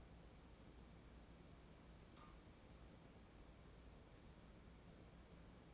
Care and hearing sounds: daily activity, microphone in the room; wipe stove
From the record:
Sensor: 1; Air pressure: 1012.5 hPa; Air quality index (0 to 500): 145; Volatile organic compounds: 2 ppm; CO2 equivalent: 1196 ppm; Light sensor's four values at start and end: 4461/8683/4382/4537 and 4481/8721/4402/4559

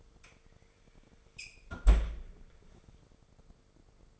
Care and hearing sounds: daily activity, microphone in the room; close fridge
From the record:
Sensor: 5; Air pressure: 1015.0 hPa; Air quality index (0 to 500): 188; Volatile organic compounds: 8 ppm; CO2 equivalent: 2067 ppm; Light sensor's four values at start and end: 92/213/93/104 and 90/206/91/102

